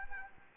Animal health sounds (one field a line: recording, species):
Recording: mosquito wingbeat signal from an infrared sensor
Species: Anopheles arabiensis